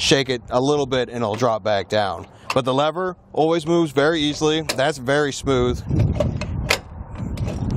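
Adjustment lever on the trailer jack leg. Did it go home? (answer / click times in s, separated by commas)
yes / 6.7 s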